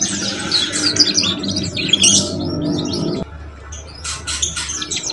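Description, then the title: Belgian canary warbling in dense high twitters and trills that stop abruptly, then resume as scattered chirps over a low steady hum. Song to warm up young Belgian canaries and stimulate them to start singing and chirping quickly. "Canto Para Esquentar Canário Belga. SUARA KENARI PAUD CUIT CUIT BELAJAR BUNYI - pancingan kenari paud muda agar cepat bunyi dan ngeriwik"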